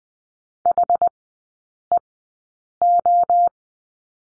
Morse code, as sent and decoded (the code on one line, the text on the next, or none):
.... . ---
HEO